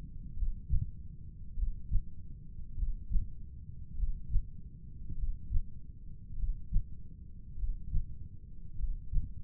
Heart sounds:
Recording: heart sounds by stethoscope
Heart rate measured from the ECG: 50 bpm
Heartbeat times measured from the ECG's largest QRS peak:
0.38 s: heartbeat
1.58 s: heartbeat
2.78 s: heartbeat
3.99 s: heartbeat
5.19 s: heartbeat
6.39 s: heartbeat
7.59 s: heartbeat
8.79 s: heartbeat
From the record:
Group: heart failure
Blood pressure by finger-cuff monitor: 95/54 mmHg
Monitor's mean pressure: 64 mmHg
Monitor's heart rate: 50 bpm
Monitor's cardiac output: 3.6 L/min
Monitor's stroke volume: 72 mL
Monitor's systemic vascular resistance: 1250 dyn s/cm5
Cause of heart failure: cardiac sarcoid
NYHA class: 1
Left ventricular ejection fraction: 39%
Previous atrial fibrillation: present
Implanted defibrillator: present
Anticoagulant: apixaban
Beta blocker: carvedilol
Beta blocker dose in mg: 50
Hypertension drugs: ramipril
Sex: male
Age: 79 years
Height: 184 cm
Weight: 92.5 kg

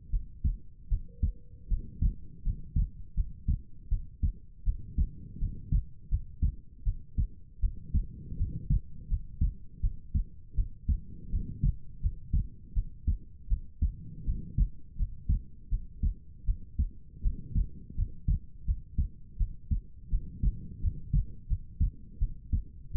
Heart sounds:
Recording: heart sounds by stethoscope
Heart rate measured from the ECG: 82 bpm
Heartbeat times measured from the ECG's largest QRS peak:
0.10 s: heartbeat
0.88 s: heartbeat
1.68 s: heartbeat
2.42 s: heartbeat
3.14 s: heartbeat
3.88 s: heartbeat
4.63 s: heartbeat
5.38 s: heartbeat
6.08 s: heartbeat
6.83 s: heartbeat
7.60 s: heartbeat
8.36 s: heartbeat
9.07 s: heartbeat
9.80 s: heartbeat
10.54 s: heartbeat
11.30 s: heartbeat
12.00 s: heartbeat
12.73 s: heartbeat
13.48 s: heartbeat
14.24 s: heartbeat
14.96 s: heartbeat
15.69 s: heartbeat
16.44 s: heartbeat
17.21 s: heartbeat
17.95 s: heartbeat
18.65 s: heartbeat
19.37 s: heartbeat
20.09 s: heartbeat
20.80 s: heartbeat
21.47 s: heartbeat
22.18 s: heartbeat
22.91 s: heartbeat
From the record:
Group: healthy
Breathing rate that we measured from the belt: 20 breaths a minute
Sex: female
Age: 19 years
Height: 163 cm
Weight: 48.9 kg

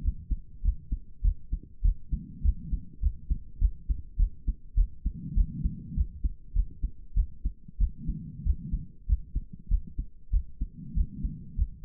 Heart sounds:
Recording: heart sounds by stethoscope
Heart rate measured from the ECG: 99 bpm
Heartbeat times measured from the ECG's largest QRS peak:
0.03 s: heartbeat
0.63 s: heartbeat
1.22 s: heartbeat
1.83 s: heartbeat
2.43 s: heartbeat
3.01 s: heartbeat
3.59 s: heartbeat
4.17 s: heartbeat
4.75 s: heartbeat
5.35 s: heartbeat
5.95 s: heartbeat
6.54 s: heartbeat
7.15 s: heartbeat
7.79 s: heartbeat
8.44 s: heartbeat
9.07 s: heartbeat
9.69 s: heartbeat
10.32 s: heartbeat
10.95 s: heartbeat
11.56 s: heartbeat
From the record:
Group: healthy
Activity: rest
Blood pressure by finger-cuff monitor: 116/70 mmHg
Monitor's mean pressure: 83 mmHg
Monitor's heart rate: 99 bpm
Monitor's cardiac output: 8.2 L/min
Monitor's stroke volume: 82 mL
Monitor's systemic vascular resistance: 760 dyn s/cm5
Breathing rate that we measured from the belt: 21 breaths a minute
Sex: female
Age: 22 years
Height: 163 cm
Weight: 67.1 kg

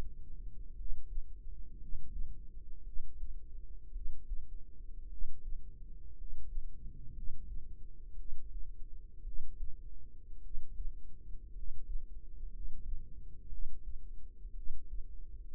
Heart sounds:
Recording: heart sounds by microphone in the right ear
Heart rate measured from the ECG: 57 bpm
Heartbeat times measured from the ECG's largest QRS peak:
0.74 s: heartbeat
1.77 s: heartbeat
2.83 s: heartbeat
3.91 s: heartbeat
5.08 s: heartbeat
6.15 s: heartbeat
7.12 s: heartbeat
8.15 s: heartbeat
9.22 s: heartbeat
10.40 s: heartbeat
11.52 s: heartbeat
12.50 s: heartbeat
13.48 s: heartbeat
14.53 s: heartbeat
From the record:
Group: healthy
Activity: rest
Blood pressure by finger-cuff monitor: 103/51 mmHg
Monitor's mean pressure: 64 mmHg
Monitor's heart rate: 56 bpm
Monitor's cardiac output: 5.1 L/min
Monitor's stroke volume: 92 mL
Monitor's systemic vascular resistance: 880 dyn s/cm5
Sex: male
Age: 25 years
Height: 170 cm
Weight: 70.4 kg

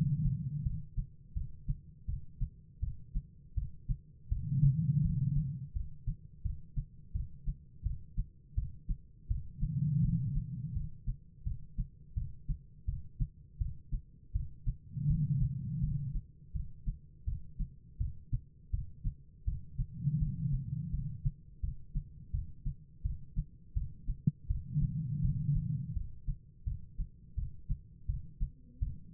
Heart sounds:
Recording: heart sounds by stethoscope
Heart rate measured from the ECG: 83 bpm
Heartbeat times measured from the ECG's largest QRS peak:
0.63 s: heartbeat
1.34 s: heartbeat
2.06 s: heartbeat
2.80 s: heartbeat
3.55 s: heartbeat
4.29 s: heartbeat
5.02 s: heartbeat
5.73 s: heartbeat
6.43 s: heartbeat
7.13 s: heartbeat
7.83 s: heartbeat
8.55 s: heartbeat
9.28 s: heartbeat
10.02 s: heartbeat
10.74 s: heartbeat
11.44 s: heartbeat
12.14 s: heartbeat
12.86 s: heartbeat
13.58 s: heartbeat
14.33 s: heartbeat
15.07 s: heartbeat
15.81 s: heartbeat
16.53 s: heartbeat
17.25 s: heartbeat
17.98 s: heartbeat
18.71 s: heartbeat
19.45 s: heartbeat
20.19 s: heartbeat
20.91 s: heartbeat
21.61 s: heartbeat
22.32 s: heartbeat
23.03 s: heartbeat
23.74 s: heartbeat
24.48 s: heartbeat
25.22 s: heartbeat
25.94 s: heartbeat
26.65 s: heartbeat
27.35 s: heartbeat
28.07 s: heartbeat
28.80 s: heartbeat
From the record:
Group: healthy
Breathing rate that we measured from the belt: 12 breaths a minute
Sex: female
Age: 51 years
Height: 162 cm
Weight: 70.04 kg

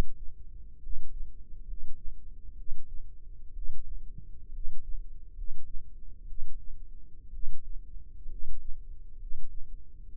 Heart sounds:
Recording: heart sounds by microphone in the left ear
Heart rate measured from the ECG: 64 bpm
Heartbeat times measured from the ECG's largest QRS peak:
0.78 s: heartbeat
1.62 s: heartbeat
2.53 s: heartbeat
3.51 s: heartbeat
4.49 s: heartbeat
5.31 s: heartbeat
6.24 s: heartbeat
7.29 s: heartbeat
8.26 s: heartbeat
9.15 s: heartbeat
10.15 s: heartbeat
From the record:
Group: healthy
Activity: cold pressor test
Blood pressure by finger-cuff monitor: 89/45 mmHg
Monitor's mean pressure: 57 mmHg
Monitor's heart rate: 62 bpm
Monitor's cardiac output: 7.7 L/min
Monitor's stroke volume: 120 mL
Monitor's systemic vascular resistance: 520 dyn s/cm5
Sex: male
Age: 22 years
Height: 185 cm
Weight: 112.4 kg

